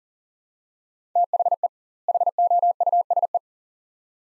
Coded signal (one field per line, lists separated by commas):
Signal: Morse code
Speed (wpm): 40 wpm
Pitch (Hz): 700 Hz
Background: none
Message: THE HOUSE